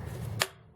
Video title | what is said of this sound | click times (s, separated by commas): Fluval 306 [Priming Fix/Teardown] | these lock into place reinstall | 0.4 s